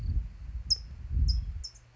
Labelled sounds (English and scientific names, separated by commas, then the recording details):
California Towhee (Melozone crissalis)
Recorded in Sonoma County, California